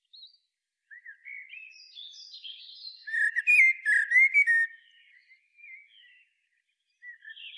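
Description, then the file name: Common blackbird song: soft rising warbled notes build into a loud, rich flourish of fluted and twittering notes, then fade to quiet notes. "Turdus merula"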